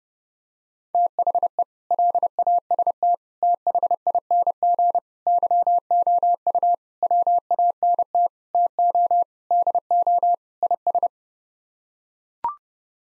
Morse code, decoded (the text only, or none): THE LAST THING YOU WANT TO DO IS